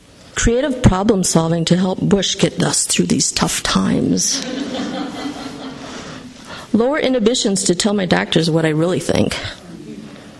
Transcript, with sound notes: Creative problem solving to help bush get dust through these tough times. [laughter] Lower inhibitions to tell my doctors what I really think.